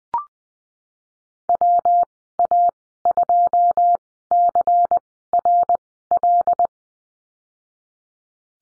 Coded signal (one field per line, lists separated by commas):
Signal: Morse code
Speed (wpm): 19 wpm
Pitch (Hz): 700 Hz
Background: none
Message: WA2CRL